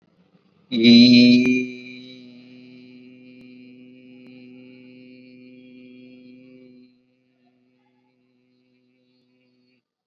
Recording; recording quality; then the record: sustained vowel as in beet; excellent, no background noise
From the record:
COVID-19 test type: RT-PCR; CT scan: not taken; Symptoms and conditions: cough, fever, fatigue, muscle pain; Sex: male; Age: 21 years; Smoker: yes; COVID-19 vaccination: both doses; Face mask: worn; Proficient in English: yes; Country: India